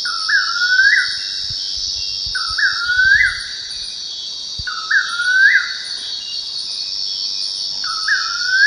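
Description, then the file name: Bird calls: four rising, stepped whistled notes at irregular intervals, against a steady high insect chorus. "SABIOD 50 bird 2015"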